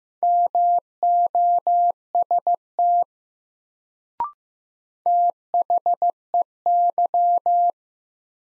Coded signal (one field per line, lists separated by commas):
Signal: Morse code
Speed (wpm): 16 wpm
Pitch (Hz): 700 Hz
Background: none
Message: MOST THEY